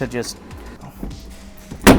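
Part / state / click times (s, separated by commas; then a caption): door spring tube into its housing on a portable restroom door / seated / 1.9 s. A crescent wrench builds tension on the door spring tube of a PolyJohn portable restroom door while someone talks. A sharp, loud snap at 1.9 s marks the spring tube seating into its housing, after which the small pins on the inside are no longer visible.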